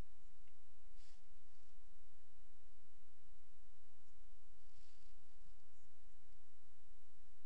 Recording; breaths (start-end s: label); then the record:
nose breathing near a microphone
0.00-0.34 s: inhalation
From the record:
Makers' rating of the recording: medium